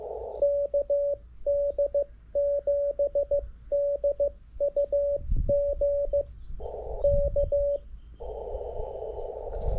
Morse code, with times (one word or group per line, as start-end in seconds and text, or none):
0.4-6.2 KD7DUG
7.0-7.8 K